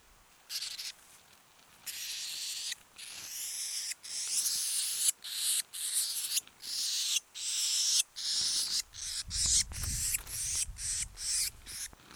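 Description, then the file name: Eurasian blue tit scolding with repeated broad, hissy churrs that start softly and grow stronger, a low rumble near the end. "Cyanistes caeruleus"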